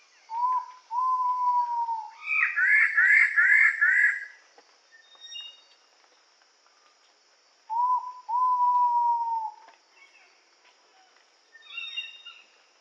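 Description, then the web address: Ivory-breasted pitta two-part whistles given twice, short then long and falling; another bird chatters rapidly between them over a continuous high insect hum. Indonesia. "ULM-DS-Lab indonesian-bird-sounds. Pitta maxima"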